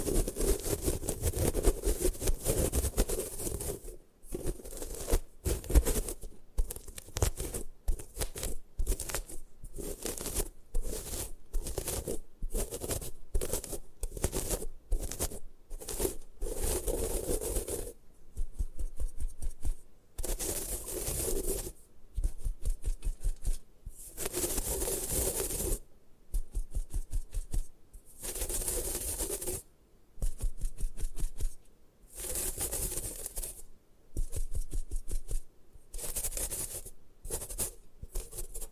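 Gym chalk is crushed and crumbled in a long run of dry, gritty crackles, packed into rapid bursts with brief silent gaps between them. After about twenty seconds the crunching comes in separate waves of a few seconds each, some sharp and bright, with a faint low rumble underneath.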